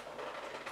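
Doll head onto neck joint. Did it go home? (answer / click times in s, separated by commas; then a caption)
no / none. A vinyl/plastic Smart Doll head is handled and pushed toward its neck joint while working out how it fits. Only a steady, broadband rushing noise is heard, with no distinct knocks or clicks. Nothing has seated or clicked yet.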